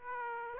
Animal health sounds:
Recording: mosquito wingbeat signal from an infrared sensor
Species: Aedes aegypti

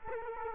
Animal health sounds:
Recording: mosquito wingbeat signal from an infrared sensor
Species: Culex quinquefasciatus

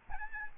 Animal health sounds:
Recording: mosquito wingbeat signal from an infrared sensor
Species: Aedes albopictus

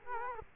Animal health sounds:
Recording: mosquito wingbeat signal from an infrared sensor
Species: Culex quinquefasciatus

